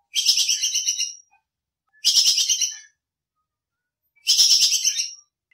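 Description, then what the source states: Squirrel chattering in three loud, scratchy trilled bursts, each about a second long, with quiet pauses between them. Masteran training recording of a lively, vigorously calling (gacor) bajing kekes squirrel.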